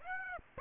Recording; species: mosquito wingbeat signal from an infrared sensor; Aedes aegypti